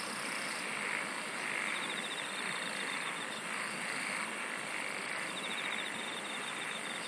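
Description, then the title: Insects calling together in a continuous shrill wash, broken by brief rapid pulse trains, including a very high one near the end. "SINGING OF INSECTS"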